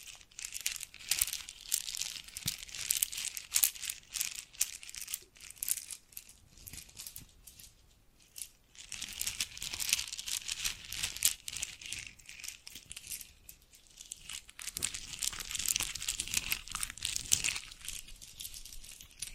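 Jewelry and bracelets are handled in a busy stream of bright clicks, chinks and rustles, dense and uneven from start to finish. The sound eases into brief lulls around eight and fourteen seconds before picking up again, with a faint low rumble underneath.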